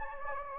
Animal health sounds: mosquito wingbeat signal from an infrared sensor; Anopheles gambiae

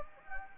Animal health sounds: mosquito wingbeat signal from an infrared sensor; Anopheles gambiae

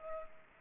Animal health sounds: mosquito wingbeat signal from an infrared sensor; Culex pipiens

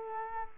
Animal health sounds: mosquito wingbeat signal from an infrared sensor; Culex quinquefasciatus

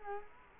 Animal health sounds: mosquito wingbeat signal from an infrared sensor; Culex quinquefasciatus

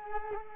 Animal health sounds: mosquito wingbeat signal from an infrared sensor; Culex quinquefasciatus

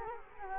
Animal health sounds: mosquito wingbeat signal from an infrared sensor; Culex quinquefasciatus

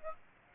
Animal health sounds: mosquito wingbeat signal from an infrared sensor; Aedes aegypti

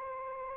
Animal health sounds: mosquito wingbeat signal from an infrared sensor; Anopheles arabiensis

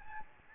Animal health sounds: mosquito wingbeat signal from an infrared sensor; Aedes albopictus

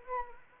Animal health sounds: mosquito wingbeat signal from an infrared sensor; Anopheles arabiensis

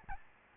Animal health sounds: mosquito wingbeat signal from an infrared sensor; Aedes albopictus

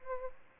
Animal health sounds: mosquito wingbeat signal from an infrared sensor; Aedes albopictus

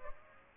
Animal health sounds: mosquito wingbeat signal from an infrared sensor; Aedes aegypti

